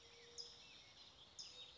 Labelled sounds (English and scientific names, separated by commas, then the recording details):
California Towhee (Melozone crissalis)
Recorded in Sonoma County, California